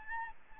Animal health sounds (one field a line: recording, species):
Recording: mosquito wingbeat signal from an infrared sensor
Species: Aedes albopictus